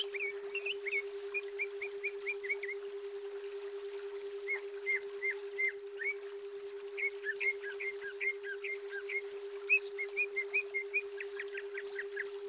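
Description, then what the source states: Greater green leafbird song: bursts of short chirps and slurred whistles separated by brief gaps, ending in rapid clipped notes, with a persistent low tone behind. Female.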